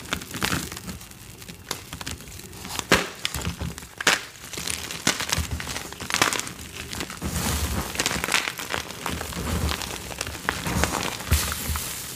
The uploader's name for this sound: Watermelon ASMR